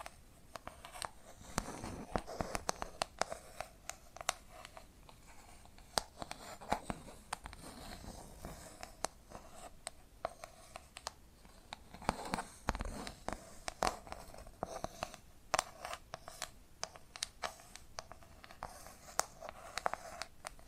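Hypnotic tapping and scratching sounds: sharp, crisp taps land irregularly but often, several per second in places, over a soft, steady scratching hiss. Brief bursts of quicker scratching cluster around the middle and near the end, and the sound stays bright and dry throughout.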